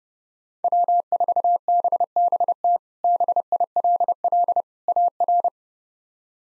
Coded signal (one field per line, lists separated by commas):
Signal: Morse code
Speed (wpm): 30 wpm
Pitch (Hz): 700 Hz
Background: none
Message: W4BBT BILL AR